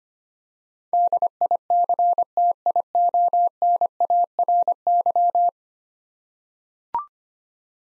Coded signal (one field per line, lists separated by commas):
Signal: Morse code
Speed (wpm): 25 wpm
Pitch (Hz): 700 Hz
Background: none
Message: DICTIONARY